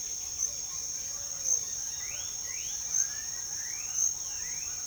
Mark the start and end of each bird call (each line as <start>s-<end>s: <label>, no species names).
0.00s-4.86s: bird call